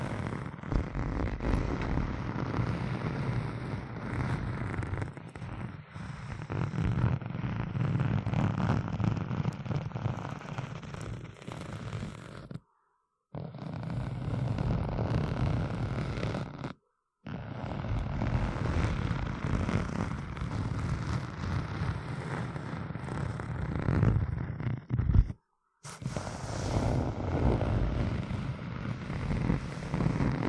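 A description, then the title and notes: Dense, rumbling scratching continues steadily with gritty low texture, broken by three brief silences around 13, 17 and 25 seconds. ASMR Deep Brain Scratching（No Talking）.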